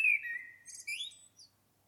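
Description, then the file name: Common blackbird giving a brief fluted whistle that slides down, followed by a thin, rising squeaky twitter. "Turdus merula"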